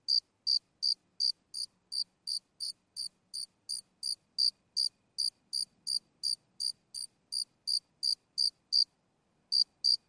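Cricket song: clean, high chirps repeated steadily about three times a second, with one brief pause near the end and otherwise silence.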